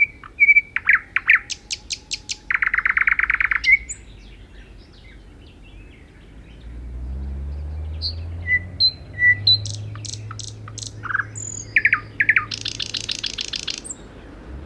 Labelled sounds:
Thrush Nightingale (Luscinia luscinia) song

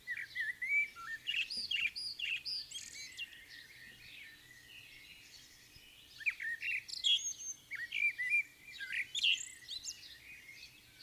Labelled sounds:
Common Blackbird (Turdus merula) song

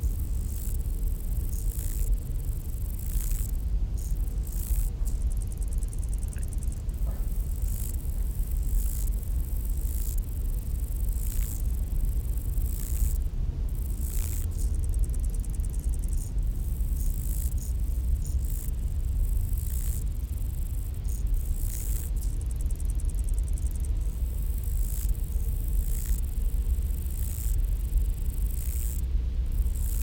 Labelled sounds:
Lesser Marsh Grasshopper (Chorthippus albomarginatus) stridulation

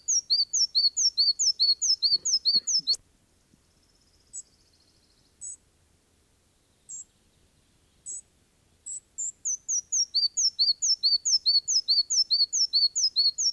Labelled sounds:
Red-breasted Flycatcher (Ficedula parva) song

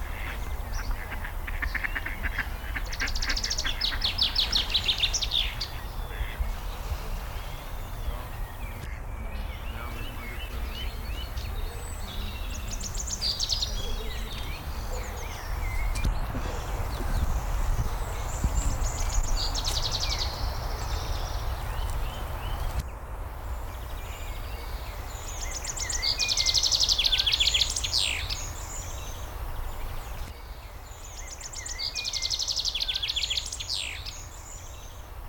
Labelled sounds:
Common Chaffinch (Fringilla coelebs)

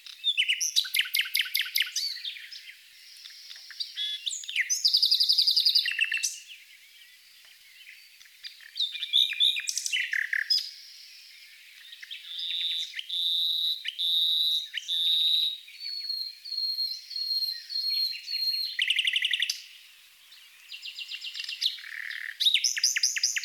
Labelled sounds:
Common Nightingale (Luscinia megarhynchos) song

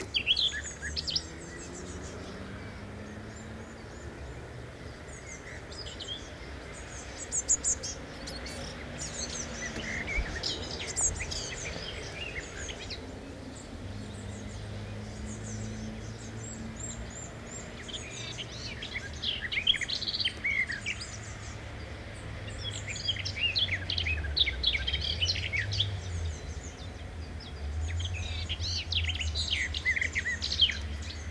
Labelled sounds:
Common Whitethroat (Sylvia communis) song

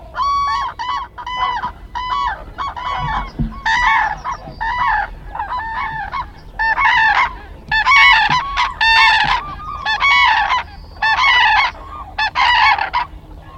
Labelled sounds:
Demoiselle Crane (Grus virgo) call

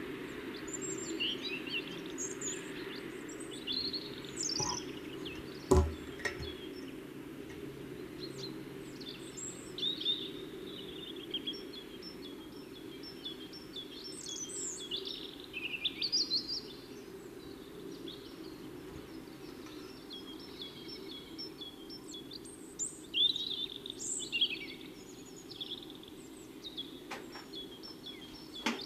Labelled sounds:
European Robin (Erithacus rubecula) song

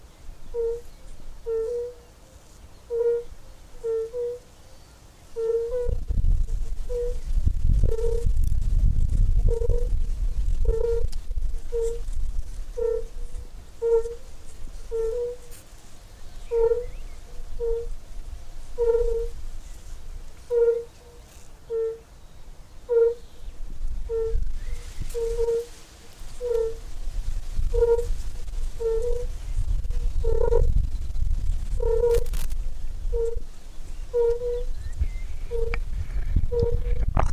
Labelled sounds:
Fire-Bellied Toad (Bombina bombina) call

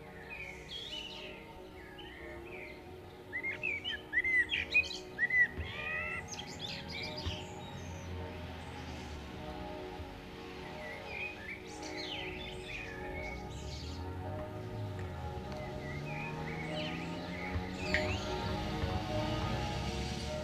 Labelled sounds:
Common Blackbird (Turdus merula) song

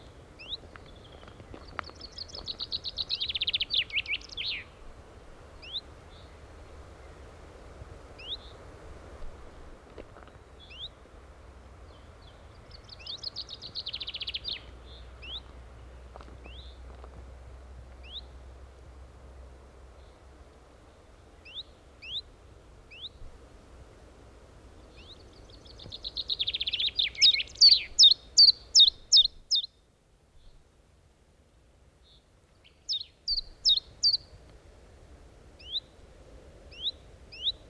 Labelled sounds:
Common Chiffchaff (Phylloscopus collybita)

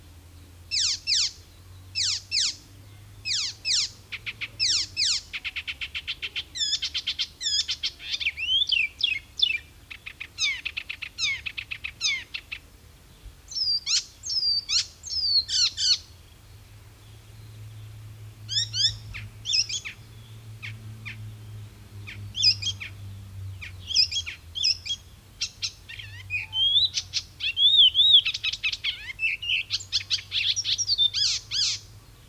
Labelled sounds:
Icterine Warbler (Hippolais icterina) song

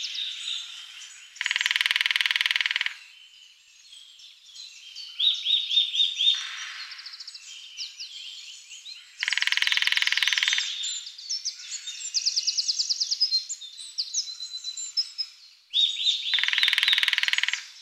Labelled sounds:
Lesser Spotted Woodpecker (Dendrocopos minor) drumming

